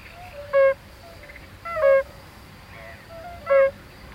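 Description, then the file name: European fire-bellied toad calling with short, hollow 'oop' notes, three clear ones with fainter notes between them. "Bombina bombina"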